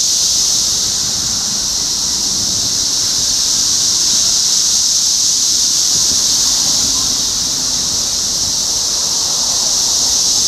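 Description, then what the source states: Cicadas droning together, a continuous shrill buzz. Recorded in Topeka, Kansas, on 14 June 2015; several cicadas.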